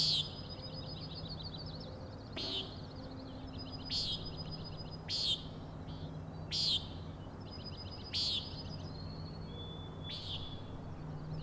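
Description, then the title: Common nighthawk peenting repeatedly, six or seven buzzy nasal notes spaced roughly every one and a half seconds, with thin high chattering between them and a low hum underneath. Three birds at 4 a.m. on 16 June 2017, Schoodic Head overlook, Acadia National Park, Winter Harbor, Maine; peenting, wing booms and rattles while flying closely in formation, passing near the recordist. "Common Nighthawks, Schoodic Head 061617 4am"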